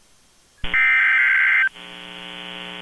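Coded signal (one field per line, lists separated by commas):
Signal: Emergency Alert System (SAME) tones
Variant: header bursts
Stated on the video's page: Hurricane Force Wind Warnings coded HUW plus a 1050 Hz-tone Blizzard Warning, from a NOAA Weather Radio internet stream, recorded with Audacity.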